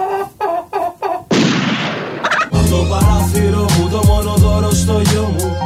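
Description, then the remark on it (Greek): A hen clucks four times in short, evenly spaced bursts, followed by a loud rushing blast of noise and then music with a heavy, thumping bass beat. “Μόλις βγήκε απ' τα αυγό. Φοβερή κότα.”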